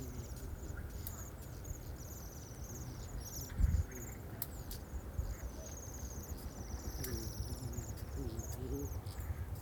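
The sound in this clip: Bohemian waxwing calls: many high, thin, buzzy trills overlapping as from several birds, steady low background rumble and a brief thump near four seconds.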